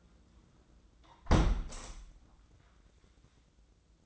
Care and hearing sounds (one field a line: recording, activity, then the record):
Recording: daily activity, microphone in the room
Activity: close window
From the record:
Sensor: 3